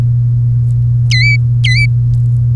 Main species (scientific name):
Serinus canaria